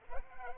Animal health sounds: mosquito wingbeat signal from an infrared sensor; Culex pipiens

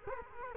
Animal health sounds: mosquito wingbeat signal from an infrared sensor; Culex quinquefasciatus

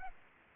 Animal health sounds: mosquito wingbeat signal from an infrared sensor; Culex pipiens

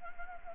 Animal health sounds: mosquito wingbeat signal from an infrared sensor; Anopheles gambiae

